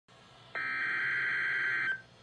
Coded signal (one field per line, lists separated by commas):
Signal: Emergency Alert System (SAME) tones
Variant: header bursts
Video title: Yet Another Severe Thunderstorm Warning from WXL60 (EAS #75)